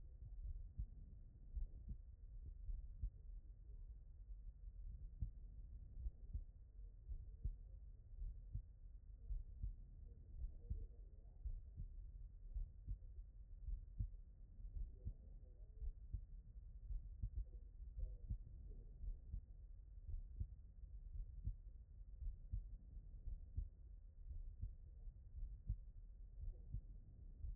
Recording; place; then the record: heart sounds by stethoscope; tricuspid valve (TV)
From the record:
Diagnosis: non-HFrEF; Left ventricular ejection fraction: 74%